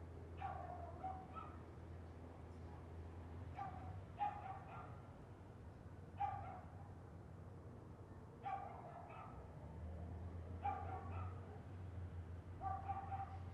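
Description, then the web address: Dog yapping in short bursts of two or three sharp barks, repeated roughly every two seconds, over a steady low hum. Constant yapping dog heard as neighbourhood background ambience. "Lynne Music Neighborhood-Background-Constant-Yappy-Dog"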